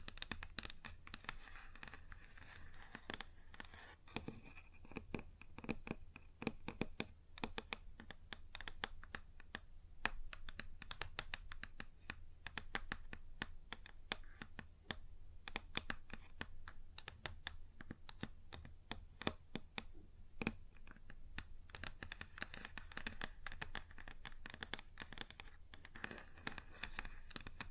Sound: Wood Surface Tapping & Scratching